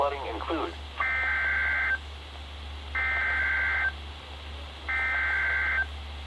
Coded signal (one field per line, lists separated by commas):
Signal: Emergency Alert System (SAME) tones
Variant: header bursts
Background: speech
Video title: NOAA EAS Alert #45: Severe Thunderstorm Warning (SVR) San Bernardino County, CA